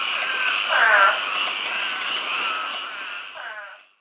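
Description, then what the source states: Frogs calling in a steady, dense chorus, with a louder harmonic croak near one second and another just before the end. Several frogs in a yard, recorded in 2015.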